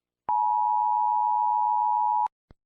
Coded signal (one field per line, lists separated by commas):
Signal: Emergency Alert System (SAME) tones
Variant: 853 and 960 Hz attention tone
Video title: Eas Secnario: Gacha Invasion